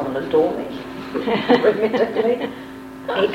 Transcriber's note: laughter